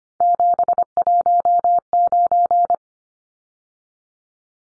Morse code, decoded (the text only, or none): 719